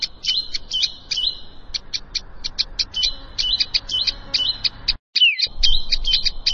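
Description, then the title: Prinia delivering quick repeated ticking notes interleaved with buzzy warbled phrases and a few descending slurred notes. "Ciblek Sawah"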